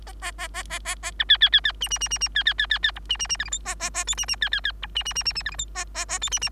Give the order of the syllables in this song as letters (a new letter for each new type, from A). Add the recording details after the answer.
A A A A A A A B C C C C D D D D D C C C C C E D D D F G H A A A I D D C C C E D D D D D F G H A A A I D D. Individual Bird3